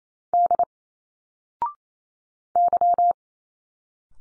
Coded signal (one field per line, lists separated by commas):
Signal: Morse code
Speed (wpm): 28 wpm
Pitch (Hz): 700 Hz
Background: none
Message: D Y